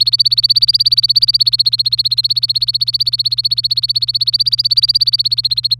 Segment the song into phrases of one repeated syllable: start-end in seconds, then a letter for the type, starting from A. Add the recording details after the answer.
0.00-5.75 A. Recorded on 24 April 2018 at 12:56. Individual llb3